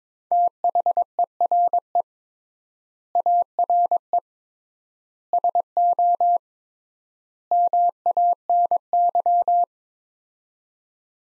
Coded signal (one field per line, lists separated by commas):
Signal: Morse code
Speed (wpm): 22 wpm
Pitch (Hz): 700 Hz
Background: none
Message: THERE ARE SO MANY